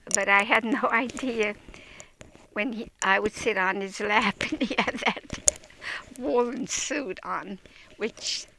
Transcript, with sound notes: but I had no idea when I would sit on his lap, and he had that (laughs) woolen suit on, which